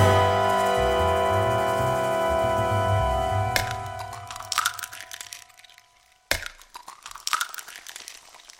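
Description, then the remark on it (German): A steady droning hum gives way to scattered rattles and crackles, then a door, just unlocked by a man, falls shut behind a departing woman with one sharp, loud bang, followed by brief clattering. No one speaks. “Sie dreht sich langsam um, worauf er sich beeilt, die Tür für sie aufzusperren, die gleich darauf hinter meiner Frau zufällt.”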